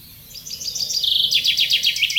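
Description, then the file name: Common chaffinch song: a bright, high run of quick repeated notes that steps down in pitch into a rattling series, over faint low background rumble. "Fringilla coelebs"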